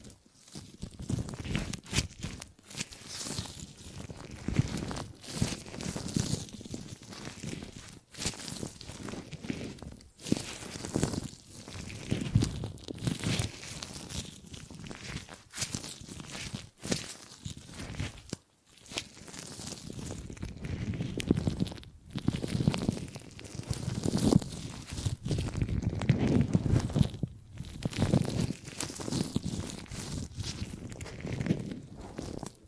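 Gripping and grabbing sounds, busy rustling handling with crinkly, scuffing bursts, brief near-silent pauses around 2, 10 and 18 seconds.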